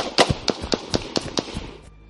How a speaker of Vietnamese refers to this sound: Ngay lúc lửa vừa tắt, Tây Môn Liên đột nhiên nhảy xuống cửa động. Sau đó, vài tiếng súng chát chúa vang lên.